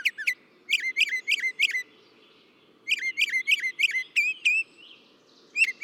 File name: Northern Mockingbird